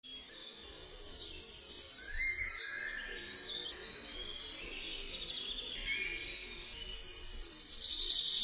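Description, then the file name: Common firecrest song: thin, very high note series rising and quickening, heard twice. Lower, varied warbling from other birds fills the gap between. "ZNICZEK"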